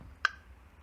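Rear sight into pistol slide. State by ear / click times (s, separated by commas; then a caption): seated / 0.2 s. Fingernails push the rear sight of a WE P99 airsoft pistol down into its slot in the slide during reassembly of the upper. A single sharp, bright click at 0.3 s (0.25 s) rises well above a low steady hum, and the sight is seated in place.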